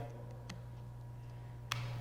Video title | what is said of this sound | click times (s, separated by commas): How to remove and install the Magnetic Plug on the new iPhone 14 case | here a little click | 1.7 s